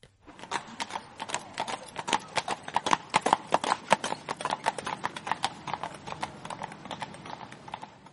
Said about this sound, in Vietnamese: Ngay sau khi thiếu nữ rời đi chưa bao lâu, từ cái con đường phía Bắc Kinh lại phi tới ba kỵ mã.